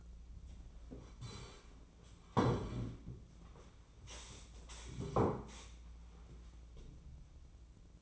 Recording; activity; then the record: daily activity, microphone in the room; sit down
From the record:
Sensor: 1